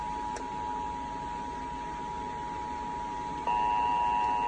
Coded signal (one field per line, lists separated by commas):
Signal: Emergency Alert System (SAME) tones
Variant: 853 and 960 Hz attention tone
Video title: Pennsylvania Amber Alert, New Jersey Amber alert expansion. EAS #43